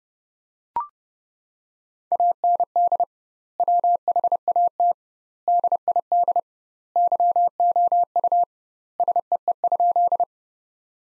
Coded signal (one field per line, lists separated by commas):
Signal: Morse code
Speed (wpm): 30 wpm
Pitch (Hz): 700 Hz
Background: none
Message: AND WHAT DID YOU SEE?